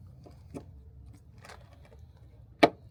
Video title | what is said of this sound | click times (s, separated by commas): Synthcarbon 2022-2026 Honda Civic V1 headlight installation | Once you guys hear that click, you know you did something right. | 2.6 s